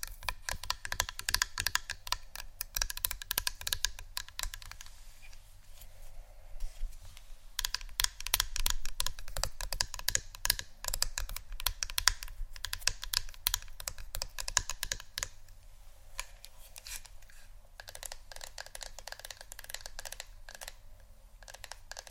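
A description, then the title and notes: Rapid tapping on a phone or tablet screen, a dense run of sharp, bright clicks that comes in bursts with brief pauses, notably around six to seven seconds and again near fifteen and eighteen. A low, steady hum sits underneath throughout. ASMR Phonetablet Tapping（No Talking）.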